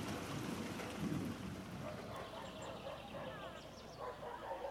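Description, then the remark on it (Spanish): Steady, dense rain hisses throughout, with a deep rumble of thunder swelling briefly near the start before fading back under the downpour. “Todo el tiempo en el que llovía, yo estaba encerrada a través de este muro.”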